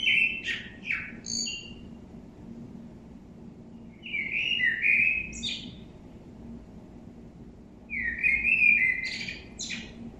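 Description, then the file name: Common blackbird song: three fluting, warbled phrases a few seconds apart, each ending in a thin, squeaky high twitter, over a faint low hum. "Turdus merula"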